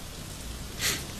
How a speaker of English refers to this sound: It's still raining, Sim. You can't fly kites on rainy days